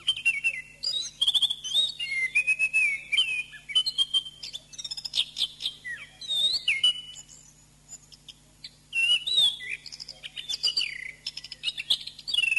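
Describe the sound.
Oriental magpie-robin in a long varied song of whistles, slurs and rapid chattering, pausing briefly midway before resuming, with a faint steady low hum.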